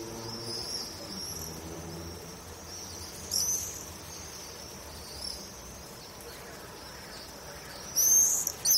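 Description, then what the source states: Swift screams, short harsh high-pitched bursts after three seconds and again near the end, quieter thin calls between, background hiss. Several swifts singing.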